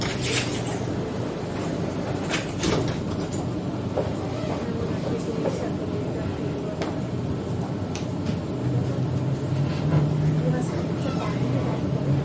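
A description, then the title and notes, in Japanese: Riding a Sydney train into the city: a steady low rumble with murmured voices, occasional clicks and knocks, and a rising hum near the end. Go to City by Sydney Train 電車でシドニー市内に向かう。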